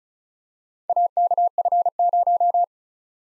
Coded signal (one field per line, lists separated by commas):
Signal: Morse code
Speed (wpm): 42 wpm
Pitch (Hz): 700 Hz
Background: none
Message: AKF0